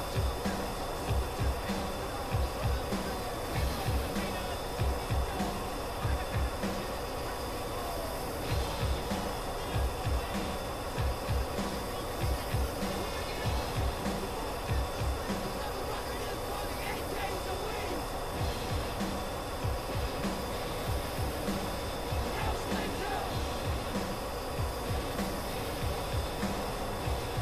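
Inside a jet fighter cockpit in cruise, a dense, steady roar fills the clip from start to finish, heavy in the low end with a constant hiss above. Rapid low thumps and rattles flicker through it throughout, and faint voice-like sounds sit within the noise.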